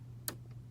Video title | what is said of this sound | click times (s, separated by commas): Sewing Machine Accessories | it should click like that and then that's how you know that it's attached so | 0.3 s